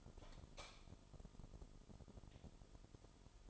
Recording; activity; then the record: daily activity, microphone in the room; light on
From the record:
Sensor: 5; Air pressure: 988.5 hPa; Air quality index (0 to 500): 211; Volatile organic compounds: 101 ppm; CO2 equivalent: 3758 ppm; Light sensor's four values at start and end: 45/135/53/56 and 47/140/55/59